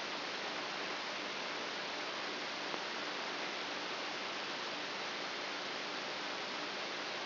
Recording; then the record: brain microelectrode recording played as sound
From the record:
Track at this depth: inside the subthalamic nucleus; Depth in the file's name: 4.64 mm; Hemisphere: right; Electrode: 2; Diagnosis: Parkinson's disease